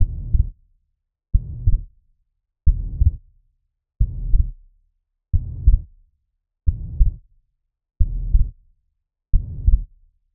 Mitral Regurgitation.